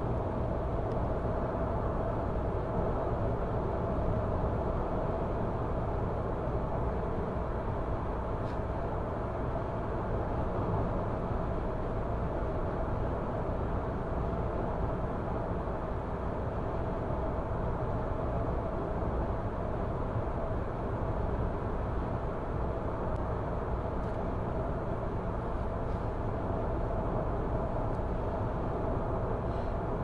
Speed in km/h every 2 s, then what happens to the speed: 107, 107, 107, 107, 106, 106, 106, 106, 106, 106, 106, 106, 106, 106, 106.
0-30 steady at about 106.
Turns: none.